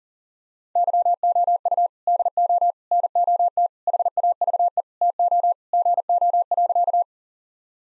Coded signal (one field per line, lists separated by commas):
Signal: Morse code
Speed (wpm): 40 wpm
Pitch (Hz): 700 Hz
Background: none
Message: YOU DO NOT HAVE TO GO.